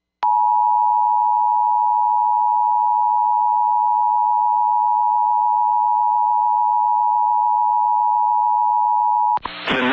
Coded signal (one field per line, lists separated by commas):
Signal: Emergency Alert System (SAME) tones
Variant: 853 and 960 Hz attention tone